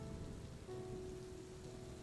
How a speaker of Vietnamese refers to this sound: Ôi, mưa như thế này làm sao đi được?